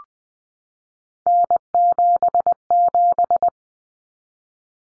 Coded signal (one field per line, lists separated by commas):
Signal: Morse code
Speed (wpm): 20 wpm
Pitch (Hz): 700 Hz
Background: none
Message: N77